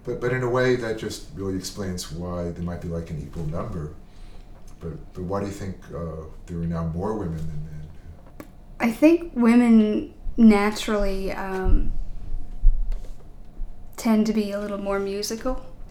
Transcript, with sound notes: But in a way that just explains why there might be an equal number. But why do you think there are now more women [fiddling] than men?
I think women naturally tend to be little more musical